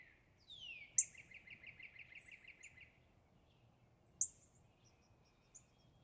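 Northern cardinal song: a downward-sliding whistle leading into a rapid trill of repeated notes, with a few sharp high chirps.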